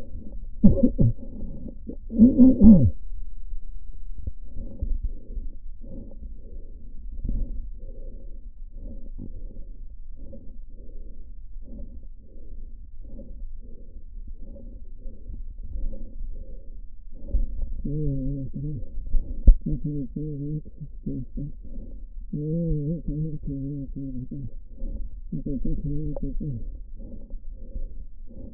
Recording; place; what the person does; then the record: lung sounds by stethoscope; right anterior apical chest; quiet breathing, then cough and speech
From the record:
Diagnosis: interstitial lung disease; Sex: male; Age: 72 years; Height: 167 cm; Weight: 74 kg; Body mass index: 26.5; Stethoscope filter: diaphragm mode